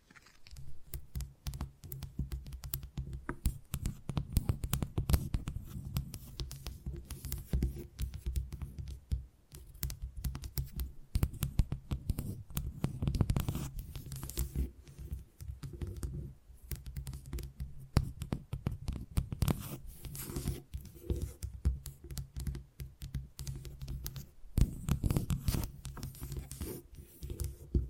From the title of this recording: Tingly Tapping Sounds